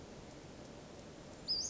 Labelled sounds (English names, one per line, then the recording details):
Western Flycatcher
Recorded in Sonoma County, California